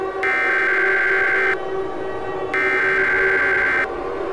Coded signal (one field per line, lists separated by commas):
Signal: Emergency Alert System (SAME) tones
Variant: header bursts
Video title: EAS Scenario #13 - Grey Goo